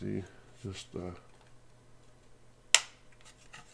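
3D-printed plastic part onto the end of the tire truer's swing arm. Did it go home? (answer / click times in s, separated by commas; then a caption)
yes / 2.8 s. Someone talks while a 3D-printed plastic part is pressed onto the end of the swing arm of a homemade slot car tire truing machine. A single sharp snap sounds at 2.8 s, followed by a few faint small noises, and the part is seated in place.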